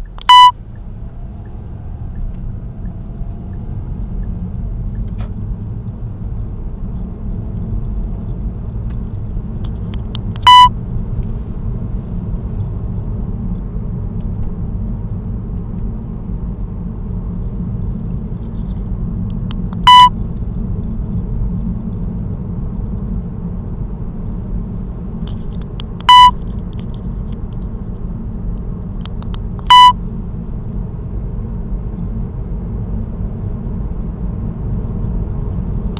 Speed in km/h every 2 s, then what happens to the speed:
16, 23, 31, 38, 41, 45, 47, 46, 45, 43, 45, 48, 48, 47, 45, 46, 52, 56.
0-11 speeds up to 47. 11-29 steady at about 46. 29-36 speeds up to 56.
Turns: none.